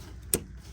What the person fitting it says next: Yeah, another click. It's in all the way.